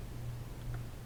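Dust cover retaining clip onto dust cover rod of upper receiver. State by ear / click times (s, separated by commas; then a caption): not seated / none. A small metal retaining clip is being pushed down onto the dust cover rod of a 300 Blackout pistol upper receiver after several tries. Only a steady low hum and faint broadband noise are heard, with no sharp transient. Nothing has seated or clicked yet.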